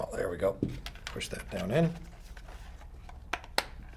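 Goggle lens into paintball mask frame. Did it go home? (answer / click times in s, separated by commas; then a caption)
yes / 3.3 s, 3.6 s. Someone talks while pushing a plastic goggle lens down into the frame of a Dye SE paintball mask. Two sharp clicks follow at 3.3 and 3.6 seconds as the lens snaps into place and seats.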